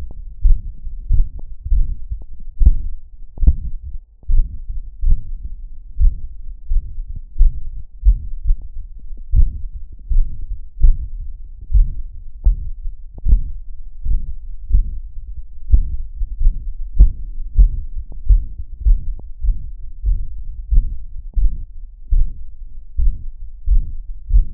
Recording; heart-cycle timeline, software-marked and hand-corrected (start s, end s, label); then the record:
heart sounds
0.00	0.06	S2
0.06	0.44	diastole
0.44	0.58	S1
0.58	0.69	systole
0.69	0.79	S2
0.79	1.10	diastole
1.10	1.20	S1
1.20	1.36	systole
1.36	1.46	S2
1.46	1.72	diastole
1.72	1.88	S1
1.88	2.00	systole
2.00	2.12	S2
2.12	2.62	diastole
2.62	2.78	S1
2.78	2.86	systole
2.86	2.96	S2
2.96	3.42	diastole
3.42	3.56	S1
3.56	3.70	systole
3.70	3.82	S2
3.82	4.30	diastole
4.30	4.46	S1
4.46	4.54	systole
4.54	4.64	S2
4.64	5.06	diastole
5.06	5.20	S1
5.20	5.36	systole
5.36	5.50	S2
5.50	6.00	diastole
6.00	6.14	S1
6.14	6.22	systole
6.22	6.30	S2
6.30	6.72	diastole
6.72	6.82	S1
6.82	6.90	systole
6.90	6.98	S2
6.98	7.38	diastole
7.38	7.52	S1
7.52	7.58	systole
7.58	7.66	S2
7.66	8.06	diastole
8.06	8.18	S1
8.18	8.24	systole
8.24	8.32	S2
8.32	8.46	diastole
8.46	8.53	S1
8.53	8.74	systole
8.74	8.82	S2
8.82	9.34	diastole
9.34	9.50	S1
9.50	9.60	systole
9.60	9.70	S2
9.70	10.10	diastole
10.10	10.26	S1
10.26	10.32	systole
10.32	10.42	S2
10.42	10.82	diastole
10.82	10.98	S1
10.98	11.12	systole
11.12	11.24	S2
11.24	11.72	diastole
11.72	11.88	S1
11.88	11.96	systole
11.96	12.06	S2
12.06	12.46	diastole
12.46	12.58	S1
12.58	12.68	systole
12.68	12.78	S2
12.78	13.26	diastole
13.26	13.42	S1
13.42	13.52	systole
13.52	13.62	S2
13.62	14.06	diastole
14.06	14.20	S1
14.20	14.26	systole
14.26	14.34	S2
14.34	14.72	diastole
14.72	14.86	S1
14.86	14.96	systole
14.96	15.06	S2
15.06	15.71	diastole
15.71	15.80	S1
15.80	15.93	systole
15.93	16.00	S2
16.00	16.41	diastole
16.41	16.50	S1
16.50	16.64	systole
16.64	16.72	S2
16.72	16.96	diastole
16.96	17.10	S1
17.10	17.16	systole
17.16	17.24	S2
17.24	17.58	diastole
17.58	17.72	S1
17.72	17.78	systole
17.78	17.88	S2
17.88	18.28	diastole
18.28	18.42	S1
18.42	18.46	systole
18.46	18.52	S2
18.52	18.86	diastole
18.86	19.00	S1
19.00	19.04	systole
19.04	19.12	S2
19.12	19.44	diastole
19.44	19.56	S1
19.56	19.62	systole
19.62	19.70	S2
19.70	20.06	diastole
20.06	20.18	S1
20.18	20.24	systole
20.24	20.32	S2
20.32	20.72	diastole
20.72	20.84	S1
20.84	20.90	systole
20.90	20.98	S2
20.98	21.38	diastole
21.38	21.52	S1
21.52	21.60	systole
21.60	21.70	S2
21.70	22.12	diastole
22.12	22.28	S1
22.28	22.38	systole
22.38	22.50	S2
22.50	22.98	diastole
22.98	23.14	S1
23.14	23.20	systole
23.20	23.28	S2
23.28	23.68	diastole
23.68	23.84	S1
23.84	23.88	systole
23.88	23.96	S2
23.96	24.32	diastole
24.32	24.46	S1
24.46	24.54	systole
From the record:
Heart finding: mitral regurgitation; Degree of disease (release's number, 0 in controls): 3 to 4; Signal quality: good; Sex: female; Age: 83 years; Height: 1.52 m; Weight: 55 kg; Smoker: no